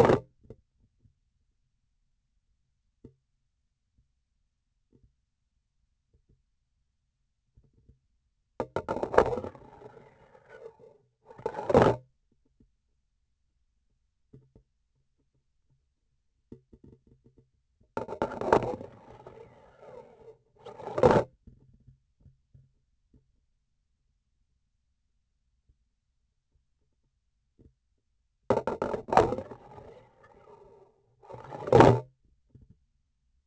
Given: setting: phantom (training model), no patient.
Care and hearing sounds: laparoscopic instrument, vibration sensor on the handle end; grasping forceps; insertion and removal through the trocar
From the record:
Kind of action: spatial motion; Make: other than Olympus

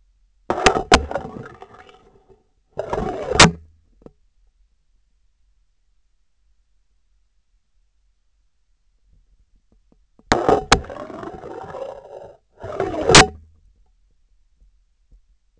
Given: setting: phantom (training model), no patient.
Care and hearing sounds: laparoscopic instrument, vibration sensor on the handle end; scissors; insertion and removal through the trocar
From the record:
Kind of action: spatial motion

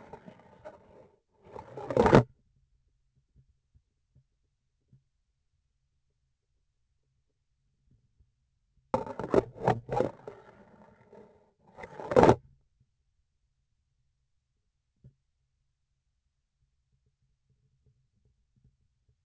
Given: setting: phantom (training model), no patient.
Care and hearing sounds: laparoscopic instrument, vibration sensor on the handle end; grasping forceps; insertion and removal through the trocar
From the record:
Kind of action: spatial motion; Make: other than Olympus

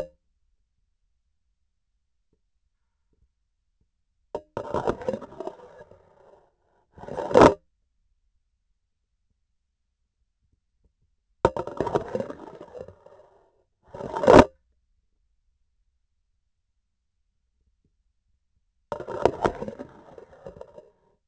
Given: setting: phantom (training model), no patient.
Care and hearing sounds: laparoscopic instrument, vibration sensor on the handle end; grasping forceps; insertion and removal through the trocar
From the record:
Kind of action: spatial motion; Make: other than Olympus

